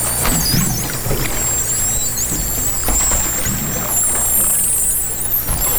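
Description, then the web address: Dolphin whistles, high and warbling, several overlapping with a dense burst near the end, above a constant low drone and soft clicking. Underwater hydrophone, 2010. "interspecies dolphin"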